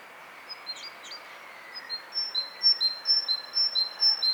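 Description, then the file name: Great tit song starting with a couple of faint notes, then building into a clear, regular run of alternating high and low whistles during the second half. "Parus major"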